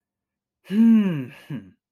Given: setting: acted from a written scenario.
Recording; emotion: vocal sound without words; triumph